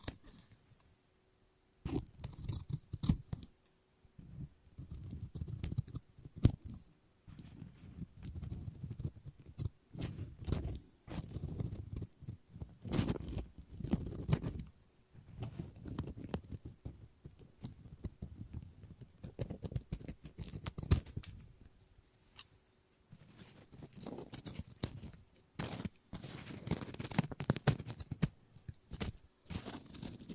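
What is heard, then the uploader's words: Scissors snip and cut through paper in a busy, uneven run, with sharp clicks over dull rustling thumps. After a quiet opening second or two the cutting continues almost without pause, broken only by brief lulls around 7, 15 and 23 seconds. ASMR Scissors No Talking Snips and Cutting Paper.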